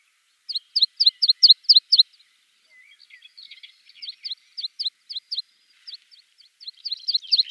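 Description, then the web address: Meadow pipit song: quick runs of thin, sharp repeated notes, with a softer trilling stretch in the middle and an accelerating series toward the end. "Schulze Peter Meadow Pipit song"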